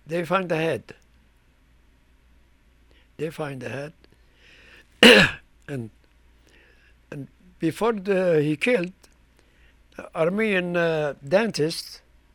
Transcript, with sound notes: They find the head. They find the head. (he coughs) And before he was killed, Armenian dentist,